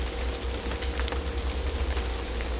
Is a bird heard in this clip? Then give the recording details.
no. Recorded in secondary vegetation near Puerto Asís, Putumayo, Colombia, on 16 December 2024 at 17:00. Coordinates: 0.500, -76.326. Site G065